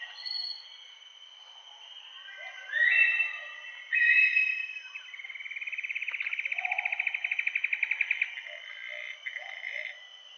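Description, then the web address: Common paradise kingfisher call: a few loud harsh notes, then a long rapid pulsed trill of about three seconds, with a continuous insect drone. Recorded in Indonesia. "indonesian-bird-sounds Tanysiptera galatea"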